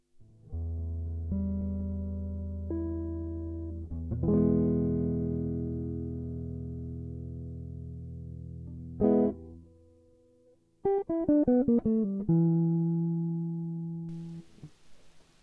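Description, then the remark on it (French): An electric guitar played through effects, heard faintly over a phone call, rings out in long, layered sustained notes with a chorus-like shimmer, breaks off briefly, then returns with quick bending, wavering notes before a final held tone. No voices. “J'entends bien la guitare, mais c'est un peu faible, hein.”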